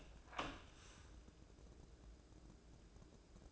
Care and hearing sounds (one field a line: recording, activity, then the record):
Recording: daily activity, microphone in the room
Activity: open door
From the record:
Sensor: 2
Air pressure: 1012.2 hPa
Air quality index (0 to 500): 163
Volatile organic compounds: 2 ppm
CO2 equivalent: 1192 ppm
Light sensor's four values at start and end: 368/917/372/390 and 367/916/372/389